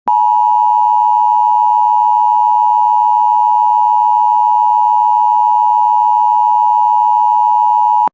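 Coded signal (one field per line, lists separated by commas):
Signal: Emergency Alert System (SAME) tones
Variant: 853 and 960 Hz attention tone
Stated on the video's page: Severe thunderstorm warnings and a required weekly test received on an internet stream of a broadcast station.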